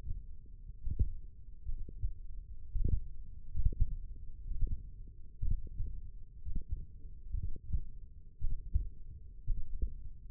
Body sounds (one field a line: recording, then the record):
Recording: forearm muscle sounds (acoustic myography)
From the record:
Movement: finger pinch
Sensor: system 1, eight BSWA MPA416 microphones around the upper forearm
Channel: 2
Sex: male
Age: 42 years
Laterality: right